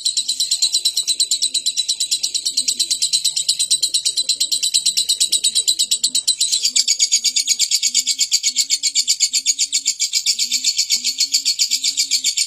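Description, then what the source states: Lovebird ngekek song: a long, unbroken, very rapid high chattering trill held throughout, with a faint series of soft low repeated notes underneath. Lovebird ngekek song style, long continuous chattering song used as a bait song to prompt other lovebirds to sing.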